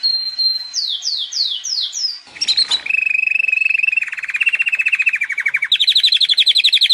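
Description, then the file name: Canary song with a few swooping whistles, a short burst, then a low rapid roll that gives way to a high buzzy trill. Trio of canaries; training recording (masteran) for teaching songbirds. "kenari trio masteran omkicau"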